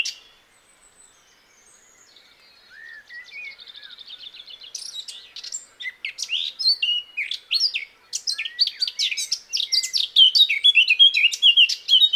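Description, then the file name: Eurasian blackcap warbling, beginning with a quiet, rattling chatter that gradually swells into a loud, rich, fast jumble of high twittered notes. "Sylvia atricapilla"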